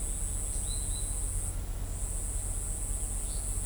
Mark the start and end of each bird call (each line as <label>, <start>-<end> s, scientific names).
Euphonia trinitatis, 0.61-1.10 s